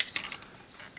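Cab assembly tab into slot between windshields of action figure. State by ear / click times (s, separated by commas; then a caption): not seated / none. The front cab assembly of a plastic MP-22 Masterpiece Ultra Magnus transforming figure is brought down to push its tab into the slot between the windshields. Two sharp plastic clacks come at 0.0 and 0.2 seconds, followed by fainter light taps near 0.4 and 1.0 seconds. The tab has not seated or clicked in yet.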